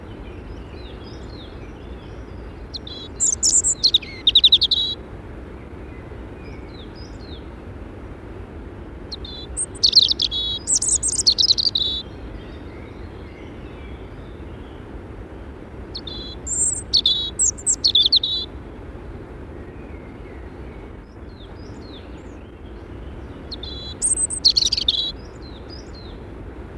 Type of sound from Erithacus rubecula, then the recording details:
song. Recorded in the wild. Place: Sapareva Banya, Rila-Gebirge, Sofia, BG. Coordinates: 42.29, 23.269. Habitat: Montains. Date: 1974-05-21. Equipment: Nagra III BH, Sennheiser MD 21, parabola. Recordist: Schubert, Michael